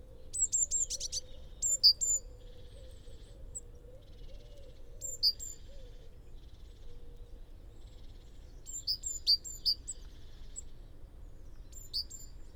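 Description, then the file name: Great tit calls: scattered bursts of sharp high chips and a brief thin whistle, repeated irregularly over twelve seconds with a faint background hum. "Parus major"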